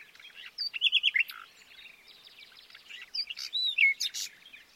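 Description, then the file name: Common nightingale song with fast repeated chirping notes, short trills and high whistles, delivered in two lively bursts. "Luscinia megarhynchos"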